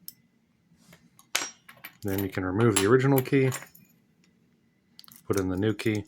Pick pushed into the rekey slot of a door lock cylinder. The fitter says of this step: I can just push in there till I hear a click